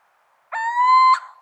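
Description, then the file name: Little owl call: one drawn-out whistled note, rising gently and ending with a brief harsher flick, in otherwise quiet surroundings. Subspecies vidalii. "Steenuil Athene noctua vidalii"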